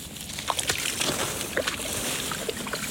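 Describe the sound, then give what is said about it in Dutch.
Sloshing and splashing of water as someone wades into a marsh to look for insects, with irregular bursts of churning and dripping over a steady watery hiss. “We gaan het water in. Tenminste, het moeras in.”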